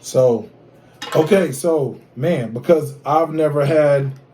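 A part of a new ByTech tripod with a wireless Bluetooth remote, probably the phone holder or the remote, is handled as it is about to be pushed into its plastic mount while someone talks throughout. Nothing has seated or clicked yet; the clip ends just before the part goes home.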